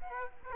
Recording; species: mosquito wingbeat signal from an infrared sensor; Culex quinquefasciatus